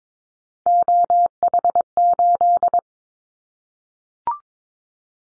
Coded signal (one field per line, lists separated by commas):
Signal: Morse code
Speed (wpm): 22 wpm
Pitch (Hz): 700 Hz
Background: none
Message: OH8